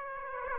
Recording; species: mosquito wingbeat signal from an infrared sensor; Aedes aegypti